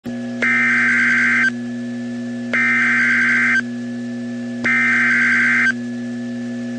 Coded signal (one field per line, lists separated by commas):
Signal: Emergency Alert System (SAME) tones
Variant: header bursts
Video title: DOUBLE HEADER Severe Thunderstorm Warnings (EAS #210+#211)